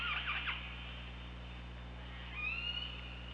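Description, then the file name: Killer whale calls: a quick cluster of buzzy harmonic notes, then a drawn-out rising whistle-like call, with low steady hum beneath. Recorded with the OrcaLab hydrophone on 24 August 2017 at 15:19. "Orca Lab UTLN JASON 20170824 151904"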